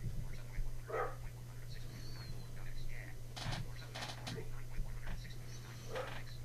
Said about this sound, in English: Bark. There we go.